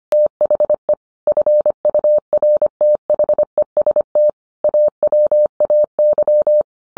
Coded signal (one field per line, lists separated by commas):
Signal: Morse code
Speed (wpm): 25 wpm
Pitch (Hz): 600 Hz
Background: none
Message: THE FURTHEST AWAY